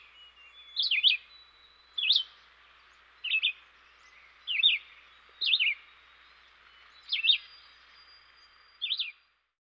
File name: dan-gibsons-solitudes red-eyed-vireo